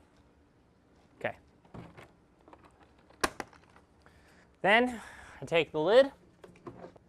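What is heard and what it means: Someone talks while handling the plastic lid of an aquarium canister filter, about to put it onto the filter body and lock it down. Light taps and knocks are heard, with a sharp knock at 3.2 s. The lid has not locked in place yet, and nothing has seated or clicked.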